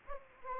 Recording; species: mosquito wingbeat signal from an infrared sensor; Anopheles arabiensis